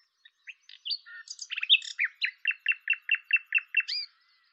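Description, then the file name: Common nightingale song: a few scattered chirps, then a varied phrase settling into about ten evenly repeated, sharp slurred notes. "Luscinia megarhynchos"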